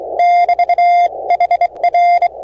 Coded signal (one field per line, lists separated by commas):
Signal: Morse code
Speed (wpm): 24 wpm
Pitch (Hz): 700 Hz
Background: radio noise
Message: <BT> HR